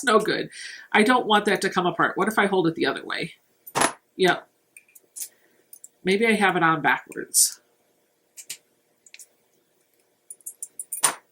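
Someone talks while trying to close the plastic lid of a sewing notions storage case, turning it around in case it is on backwards and trying again. Light plastic clicks and taps come at about 4.8, 5.7 and 5.8 seconds, with another tap at 8.5 seconds and a rapid run of small clacks from 10.5 to 11.0 seconds. The lid is loose and does not catch, so nothing has snapped shut or clicked yet.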